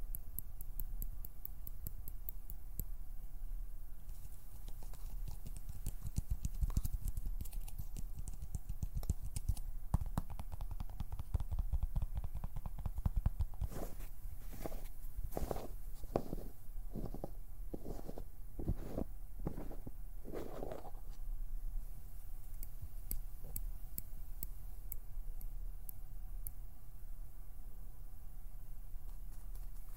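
Plucking, pinching and finger fluttering make dense runs of quick, dry ticks and snaps, busiest between about four and fourteen seconds. Around fifteen to twenty-one seconds come slower, regular strokes, then sparse clicks return over a steady low hum.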